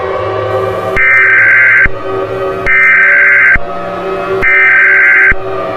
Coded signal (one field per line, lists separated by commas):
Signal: Emergency Alert System (SAME) tones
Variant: header bursts